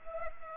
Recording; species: mosquito wingbeat signal from an infrared sensor; Culex pipiens